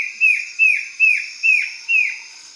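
Bird calls, five loud down-slurred whistled notes, evenly spaced, over a steady high insect-like hum.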